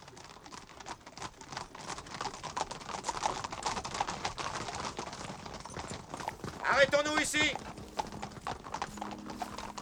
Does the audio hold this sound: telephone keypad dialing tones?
no